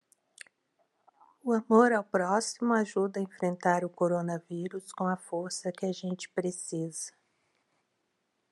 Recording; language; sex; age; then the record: spoken sentence; Brazilian Portuguese; female; 40 to 49 years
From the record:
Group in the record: control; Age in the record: 49 years